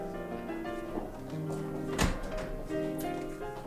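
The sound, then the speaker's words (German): A door in the corner opens and shuts with a solid thunk midway, set against a steady, humming tonal background that carries on throughout. “Die Türe dort in der Ecke.”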